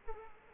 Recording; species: mosquito wingbeat signal from an infrared sensor; Culex quinquefasciatus